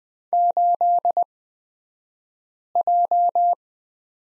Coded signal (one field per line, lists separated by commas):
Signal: Morse code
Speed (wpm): 20 wpm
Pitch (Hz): 700 Hz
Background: none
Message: 8J